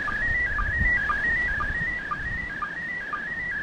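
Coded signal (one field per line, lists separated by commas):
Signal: SSTV (slow-scan television)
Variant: PD120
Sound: warbling tone shifting between pitches, with a short lower blip about twice a second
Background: radio static, low rumble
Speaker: we'll see if we can get portions of the last one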